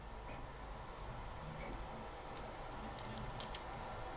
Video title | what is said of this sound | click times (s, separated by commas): Wiper Blade Adapter KW FLD | Pops right in. That just snaps right on down on there. | 3.4 s